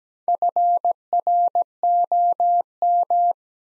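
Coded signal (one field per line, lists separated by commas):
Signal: Morse code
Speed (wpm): 17 wpm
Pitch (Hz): 700 Hz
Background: none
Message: FROM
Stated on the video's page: Morse practice set of four-word phrases at 17 wpm with 4x word spacing, similar to Farnsworth method; each set is followed by spoken version.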